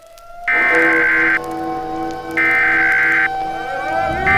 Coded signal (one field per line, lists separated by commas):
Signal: Emergency Alert System (SAME) tones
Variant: header bursts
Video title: EAS Scenario - Killscreens